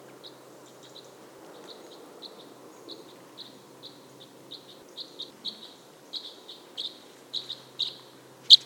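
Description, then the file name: Red crossbill flight calls: short, metallic chips in a loose series that grows steadily louder, ending in one strong, sharp note. Type N flight calls. "Red Crossbill Type N FCs"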